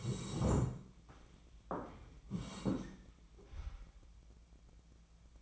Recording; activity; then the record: daily activity, microphone in the room; sit down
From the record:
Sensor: 1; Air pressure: 1012.3 hPa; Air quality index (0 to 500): 172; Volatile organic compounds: 3 ppm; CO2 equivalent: 1412 ppm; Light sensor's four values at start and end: 46/125/51/63 and 47/125/51/63